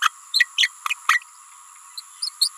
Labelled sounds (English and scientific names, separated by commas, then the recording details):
Green-rumped Parrotlet (Forpus passerinus) babbling
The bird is a female
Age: 28 days
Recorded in a nest box in Venezuela
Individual 17B31A3